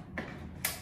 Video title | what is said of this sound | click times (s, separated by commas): Set up of V500 Drager Ventilator - Doll | So you would just slide that in there, turn it, hear a click. | 0.7 s